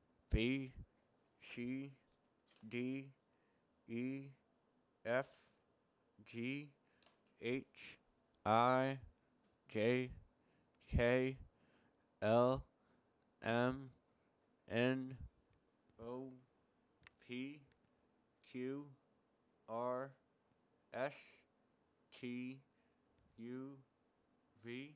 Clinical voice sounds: letters of the alphabet, spoken; constrained by a bite bar between the teeth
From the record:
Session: first day, right after the free take

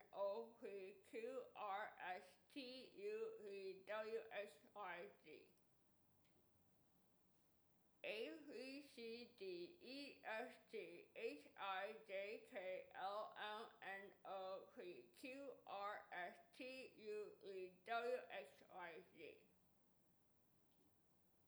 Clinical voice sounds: letters of the alphabet, spoken; constrained by a bite bar between the teeth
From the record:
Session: first day, right after the free take

